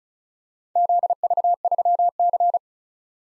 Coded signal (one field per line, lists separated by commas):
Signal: Morse code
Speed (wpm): 42 wpm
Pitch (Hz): 700 Hz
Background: none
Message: ZV3C